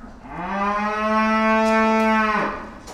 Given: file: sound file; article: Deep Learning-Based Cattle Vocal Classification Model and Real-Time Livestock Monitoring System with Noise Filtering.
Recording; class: cattle; food anticipating call